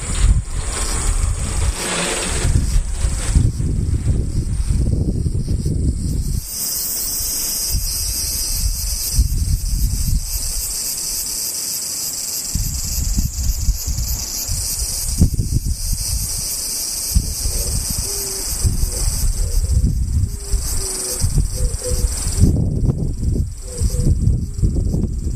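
Cicadas keep up a steady, high, thin buzz for the whole 25 seconds. Underneath, a low rumbling, rustling noise swells and fades, heaviest in the first six seconds and again around 15 and 23 seconds, and quietest near 11 seconds.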